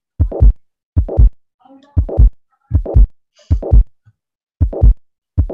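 Regular low simulated heart sounds at about 78 beats a minute in a 60-year-old man with prior rheumatic fever in his youth, with a murmur filling the whole systolic phase between the first and second sounds. Both heart sounds are single and not split, with no added sounds and no diastolic murmur: a holosystolic murmur.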